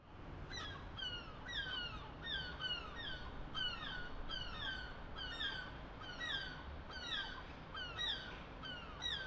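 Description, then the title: Gull cries, a chorus of many ringing, falling calls with birds overlapping, over a constant low hum. Gulls in a soundscape in the Mireuil district of La Rochelle, France. "5 Rue Germinal, 17000 La Rochelle, France - Mouettes de Mireuil"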